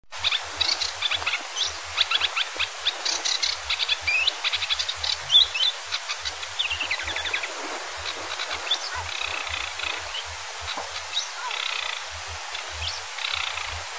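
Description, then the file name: Sedge warbler song, a long run of fast scratchy chattering notes and short trills varying in pitch, over steady hiss and a low pulsing rumble. "forapaglie"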